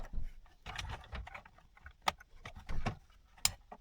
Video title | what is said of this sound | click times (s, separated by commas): Ford F150 SYNC 3 - 8-inch to 12-inch screen upgrade - Installation and modification kits | That's clipped in. | 3.5 s